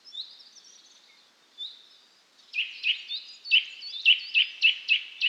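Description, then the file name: Eurasian nuthatch giving a few soft high notes, then a rapid series of loud, clipped piping calls. "Sitta europaea"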